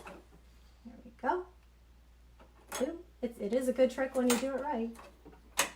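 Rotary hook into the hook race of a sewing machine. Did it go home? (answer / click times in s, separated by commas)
yes / 5.6 s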